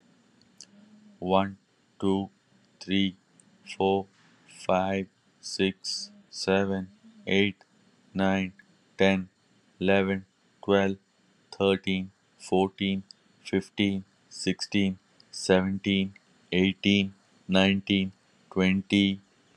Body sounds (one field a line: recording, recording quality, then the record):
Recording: counting at a normal pace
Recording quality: excellent, no background noise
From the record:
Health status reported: healthy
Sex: male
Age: 46 years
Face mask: not worn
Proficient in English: yes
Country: India